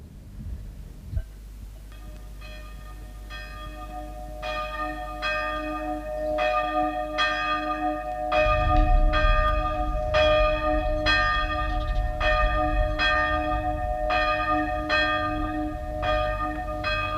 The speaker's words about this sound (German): Das Geläut dieser Glocken macht mich krank. Das Begräbnis dauert schon mehr als 2 Stunden.